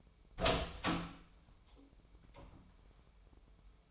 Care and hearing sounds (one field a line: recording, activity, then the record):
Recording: daily activity, microphone in the room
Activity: open door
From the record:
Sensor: 1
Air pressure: 996.1 hPa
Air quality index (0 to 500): 37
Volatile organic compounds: 1 ppm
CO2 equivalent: 680 ppm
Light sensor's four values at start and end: 14/33/14/16 and 14/34/14/16